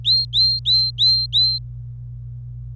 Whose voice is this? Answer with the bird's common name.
Domestic Canary